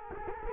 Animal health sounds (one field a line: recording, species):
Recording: mosquito wingbeat signal from an infrared sensor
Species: Culex quinquefasciatus